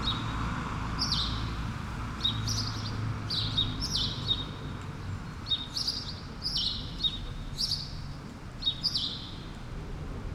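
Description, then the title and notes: Sparrow chirping in irregular groups of sharp, slightly falling notes, with steady low city noise throughout. Sparrows on Rue Keyenveld, Ixelles, Brussels-Capital, Belgium, a street with cars and people passing by; recorded with a Lom Usi Pro AB microphone pair into a Zoom F6. "Rue Keyenveld, Ixelles, Bruxelles-Capitale, Belgique - Sparrows - moineaux. cars, people passing by"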